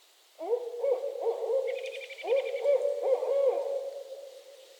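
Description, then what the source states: Barred owls in a cackling duet, bursts of overlapping hoots in a rapid jumbled rhythm. Owls calling in mating season, northern Michigan.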